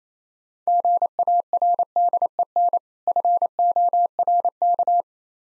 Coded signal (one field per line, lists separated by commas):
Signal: Morse code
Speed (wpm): 28 wpm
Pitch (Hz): 700 Hz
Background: none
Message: GARDEN FORK